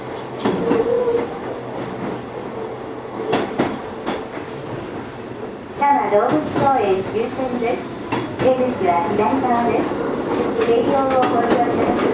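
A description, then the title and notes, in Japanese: A one-man electric commuter train on a short branch line rumbles steadily, with clicks and clanks, then rising motor whine after about six seconds. 京王7000系(ワンマン車) 高幡不動〜多摩動物公園。京王7000系 4両編成。20 m両開き4扉。ステンレス車で戸袋窓を備えるのは珍しく。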